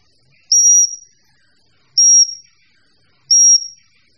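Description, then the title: Bird giving a high, thin, steady whistle, repeated three times at intervals of about one and a half seconds, with faint scattered chirps in between. Mixed birds calling together. "manuk campur"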